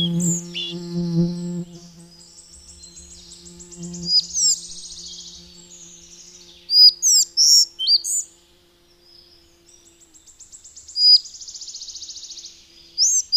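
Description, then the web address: Collared flycatcher song with buzzy rattling trills and scattered high, squeaky whistled notes, over a low steady hum at the start. "agykontroll Madardalok Cd 1. Örvös légykapó"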